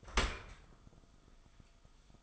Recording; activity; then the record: daily activity, microphone in the room; open dishwasher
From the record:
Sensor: 5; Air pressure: 1004.8 hPa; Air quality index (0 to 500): 94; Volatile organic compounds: 2 ppm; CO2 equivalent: 1137 ppm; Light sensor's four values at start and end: 32/74/30/30 and 33/76/31/30